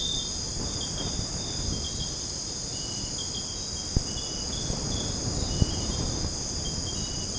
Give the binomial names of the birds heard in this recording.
none